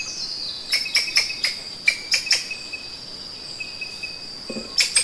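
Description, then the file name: Thomas's rope squirrel calling with quick sharp clicks in short groups, each with a faint tonal ring, over a constant high-pitched insect hum. Recorded in Sangha on 10 February 2021 at 6:51 AM, early morning. "Funisciurus-atherynus-A-Rod-Cassidy-Sangha-Squirrel-Thomases-Rope-Good-2021-02-10-6 51 44-AM"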